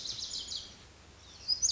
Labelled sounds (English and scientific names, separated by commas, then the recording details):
Lazuli Bunting (Passerina amoena)
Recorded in Sonoma County, California